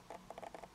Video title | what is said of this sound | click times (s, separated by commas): Types Of Earrings - Style - Designs & Clasp Fastening - Collection | can be a bit difficult you hear that clicking sound and then push back to | 0.3 s